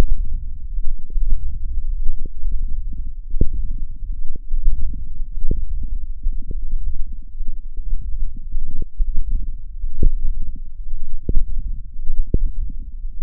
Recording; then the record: forearm muscle sounds (acoustic myography)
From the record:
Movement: wrist extension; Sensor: system 1, eight BSWA MPA416 microphones around the upper forearm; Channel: 8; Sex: male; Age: 21 years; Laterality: right